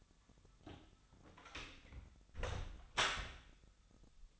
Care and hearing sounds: daily activity, microphone in the room; close door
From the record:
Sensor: 3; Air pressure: 1007.1 hPa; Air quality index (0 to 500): 205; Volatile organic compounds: 18 ppm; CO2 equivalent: 2624 ppm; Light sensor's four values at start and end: 12/28/12/11 and 12/27/11/11

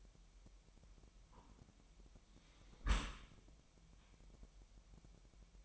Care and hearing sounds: daily activity, microphone in the room; close dishwasher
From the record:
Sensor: 1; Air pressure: 998.2 hPa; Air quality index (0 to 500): 139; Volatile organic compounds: 4 ppm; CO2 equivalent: 1665 ppm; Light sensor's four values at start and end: 16/54/21/22 and 16/54/21/22

